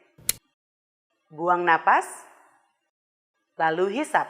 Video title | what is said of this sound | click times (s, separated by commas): Symbicort® Turbuhaler® Informasi Pasien untuk Penggunaan Symbicort | Putar grip ke kedua arah sampai terdengar bunyi klik. | 0.3 s